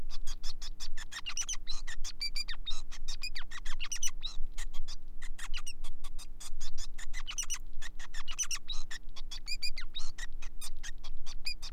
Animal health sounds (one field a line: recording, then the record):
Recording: song of a male Bengalese finch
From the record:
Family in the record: son of father 5